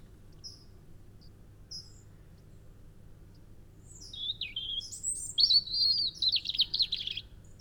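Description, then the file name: European robin song: a few soft high notes, then a burst of rapid, tinkling warbles and trills lasting about three seconds, with faint low background hum. "Erithacus rubecula"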